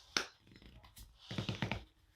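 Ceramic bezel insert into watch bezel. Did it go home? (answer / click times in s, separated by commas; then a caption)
yes / 0.2 s. A ceramic watch bezel insert is pressed together by hand in a press tool, using the threads as a guide, and pops into place on the watch bezel with a sharp click at 0.2 s. A quick cluster of softer clicks and taps follows from about 1.3 to 1.7 s as extra pressure is applied to make sure it is fully seated.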